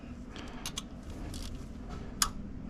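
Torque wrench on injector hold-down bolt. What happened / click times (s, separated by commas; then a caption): The torque wrench clicked at set torque / 2.2 s. A click-type torque wrench tightens the second injector hold-down bolt on a CAT C7 engine against a low background hum, with a few faint ticks around 0.7–0.8 seconds. A sharp, loud wrench click lands at 2.2 seconds, and the bolt is torqued.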